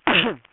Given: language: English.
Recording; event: throat vibration sensor signal played as sound; cough